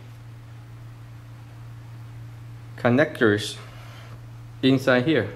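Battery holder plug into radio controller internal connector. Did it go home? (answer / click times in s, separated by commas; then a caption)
no / none. A battery holder plug is handled and lined up toward the radio controller's internal connector before being plugged in. There is light rustling over a steady low hum, and someone talks around 2.9–3.5 s and 4.7–5.3 s. The plug has not seated or clicked yet.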